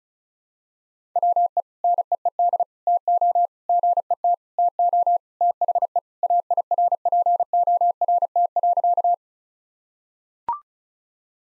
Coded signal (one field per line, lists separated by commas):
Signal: Morse code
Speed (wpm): 36 wpm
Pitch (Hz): 700 Hz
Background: none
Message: WE NEED TO GET TO THE AIRPORT.